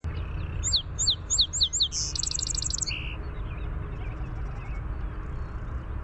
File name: SOSP song